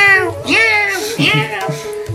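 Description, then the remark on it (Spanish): A person mimics a cat, voicing three or four loud, whiny meows in quick succession, each with a bending pitch that rises and then falls. “Sí, creo que estoy haciendo como es el gatito acá, ¿viste?”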